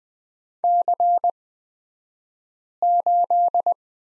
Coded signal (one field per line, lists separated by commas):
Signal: Morse code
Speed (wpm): 20 wpm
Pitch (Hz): 700 Hz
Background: none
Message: C8